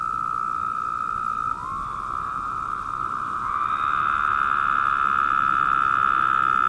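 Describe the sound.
Woodhouse's toads give a steady, nasal buzz, with new calls sliding in at a slightly rising pitch as the chorus swells louder.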